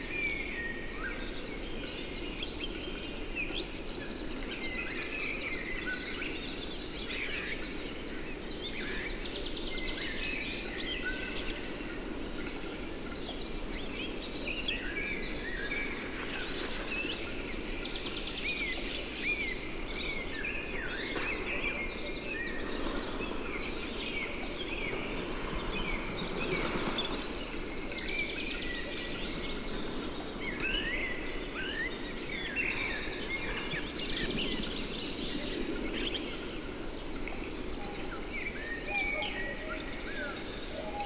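A spring forest at dawn, filled with a dense chorus of many birds calling and singing at once, chirps and trills overlapping throughout without pause. Beneath them runs a steady low rumble, like wind or traffic, at an even level.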